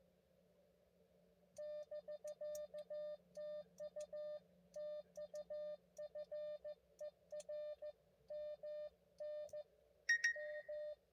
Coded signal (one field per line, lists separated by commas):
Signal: Morse code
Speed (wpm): 15 wpm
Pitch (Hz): 590 Hz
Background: none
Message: <BK> TU TU FER MNM